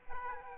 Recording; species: mosquito wingbeat signal from an infrared sensor; Aedes aegypti